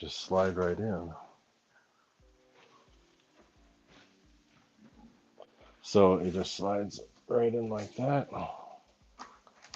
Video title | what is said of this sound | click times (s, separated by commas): RC Chat and How To's! Eflite Beechcraft D-18!!! | you hear a little click | 9.7 s